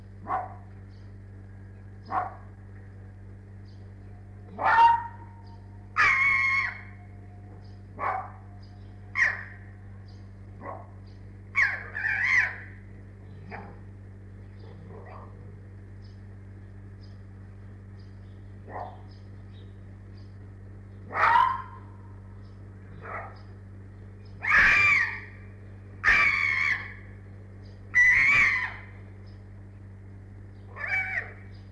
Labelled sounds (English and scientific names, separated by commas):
Arctic Fox (Vulpes lagopus)